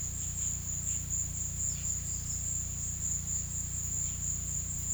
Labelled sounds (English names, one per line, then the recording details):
none
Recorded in pastures near Puerto Asís, Putumayo, Colombia, on 18 December 2024 at 15:30
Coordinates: 0.472, -76.331
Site GP02